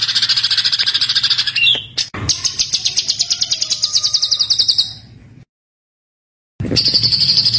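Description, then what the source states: White-eye song: a long, rapid, high trill that ends in a short falling note, then a sharp click and a pulsed trill; a silent break follows before the trilling returns. Training recording of continuously singing (gacor) white-eye song with rapid bursts (tembakan).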